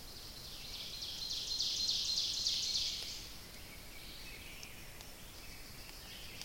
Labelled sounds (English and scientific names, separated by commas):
Ovenbird (Seiurus aurocapilla) song